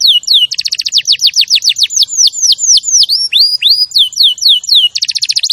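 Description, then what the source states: Canary song: a fast trill of descending chirps giving way to slower, looping whistled notes, ending in another quick burst of trills. Champion canary song used as a master recording for training other birds.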